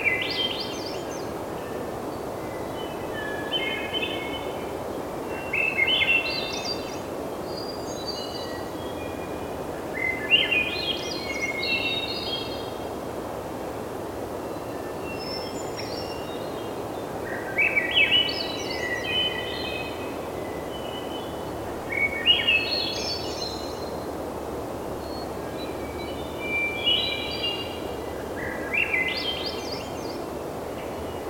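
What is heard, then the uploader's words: Swainson's and Hermit Thrushes trade fluting, upward-spiraling song phrases, one every few seconds, mostly taking turns. The phrases are clear and bright, rising high. Beneath them runs a steady low rush of outdoor noise, like wind or surf. Swainson's and Hermit Thrushes, Schoodic Pennisula, Adadia National Park, Maine. Mostly they are alternating but sometimes sing over each other's voice, and the Hermit is a bit farther away than the Swainson's. The Hermit is the voice with the "sustained whistle" as the lead-in.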